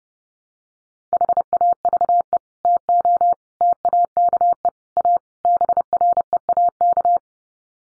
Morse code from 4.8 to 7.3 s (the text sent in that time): A BREAK